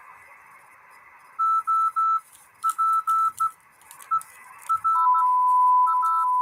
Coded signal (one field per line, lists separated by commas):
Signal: Morse code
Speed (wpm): 16 wpm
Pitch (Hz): 1320 Hz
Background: none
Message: OPERA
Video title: 1 transistor 200mW CW on 3.5 MHz. Any contacts?